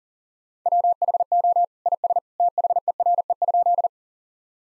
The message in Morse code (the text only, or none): WHO IS THERE?